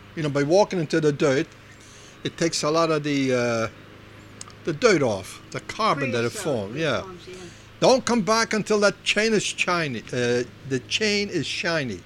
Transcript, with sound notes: You know, by walking into the dirt, it takes a lot of the dirt off. It's the carbon that had formed. ( exterior lawn mower noise )
Forms, yeah.
"Don't come back until that chain is shiny, uh, the chain is shiny."